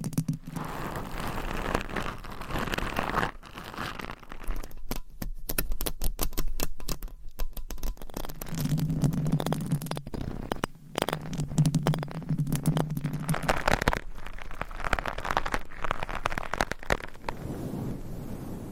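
Scratching and tapping sounds shift every few seconds, with dense, crackly scraping alternating with bursts of rapid taps. Around 9 to 13 seconds a low, steady hum sits under the texture. The sounds stay busy and irregular throughout, with brief quieter gaps.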